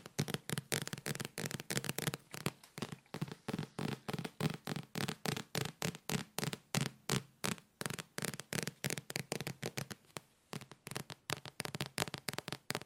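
Fast tapping runs without pause, a dense string of sharp, crisp taps about three or four per second, each with a bright click over a softer thud. The rhythm is mostly even, with a brief gap near ten seconds before it resumes. No voices are heard.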